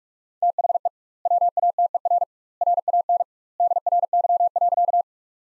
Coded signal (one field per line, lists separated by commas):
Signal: Morse code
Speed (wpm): 47 wpm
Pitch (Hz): 700 Hz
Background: none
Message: THE WATER RAN DRY.